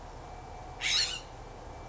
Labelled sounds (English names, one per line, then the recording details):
California Scrub-Jay
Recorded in Sonoma County, California